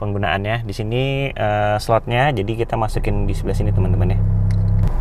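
A 16 GB microSD card is being handled at the card slot of a small plastic 70Mai Dashcam 1S while someone talks throughout. Nothing has seated or clicked yet; the card is not yet home in the slot when the clip ends.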